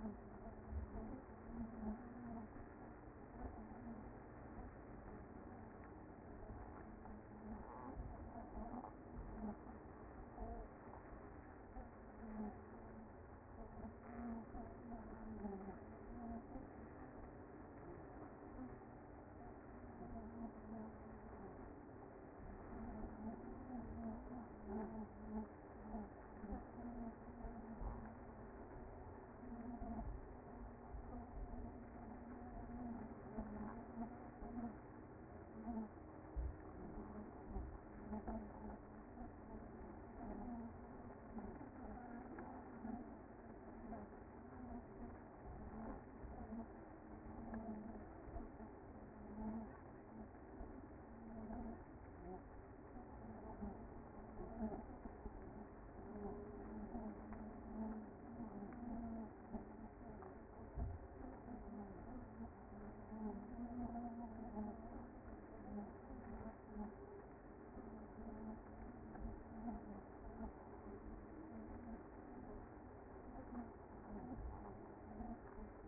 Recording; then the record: honeybee colony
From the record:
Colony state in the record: active